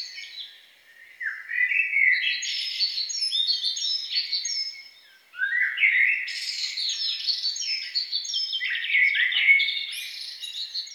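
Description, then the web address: Songbird song in two long phrases of rapid chirping notes and sliding whistles, starting after a quiet second and pausing briefly midway. "best service Blue Box birds songbird"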